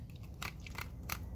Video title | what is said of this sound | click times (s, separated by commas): Using the MTM HydroParts PF22 to Apply TLC in 13 Seconds on a GT4 (Bundles Now Available!) | You can hear it click. | 0.4 s